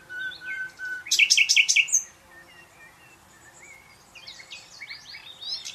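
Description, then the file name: Common nightingale singing steady whistled notes, then a loud buzzy rattling trill, a pause, and a string of quick varied chirps. "Luscinia megarhynchos"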